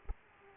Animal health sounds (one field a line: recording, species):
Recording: mosquito wingbeat signal from an infrared sensor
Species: Aedes aegypti